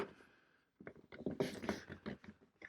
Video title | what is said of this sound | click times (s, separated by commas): EVBASE Mudflaps for the 2026 Model Y Juniper Must Have Accessory! | Do you hear it click? | 0.9 s